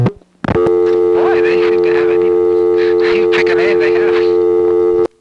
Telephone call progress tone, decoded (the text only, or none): dial tone